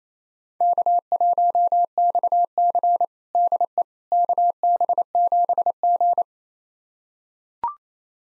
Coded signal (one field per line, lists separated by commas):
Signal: Morse code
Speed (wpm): 28 wpm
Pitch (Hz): 700 Hz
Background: none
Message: K1XC DE KB7G